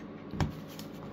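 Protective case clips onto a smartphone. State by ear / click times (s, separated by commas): seated / 0.4 s, 0.8 s, 1.1 s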